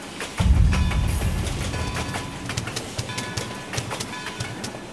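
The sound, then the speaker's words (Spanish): A train rolls along the rails: a heavy low rumble swells in, then wheels clack over the joints in a steady, repeating rhythm under a constant mechanical roar, with no voices. “que el ruido de los remaches conmueva las regiones dulces y solitarias, que el humo avance entre los Andes, que irrumpa en la selva amazónica, que llegue al sur del país. Jalones de lágrimas quedarán, pero el ferrocarril debe ganar.”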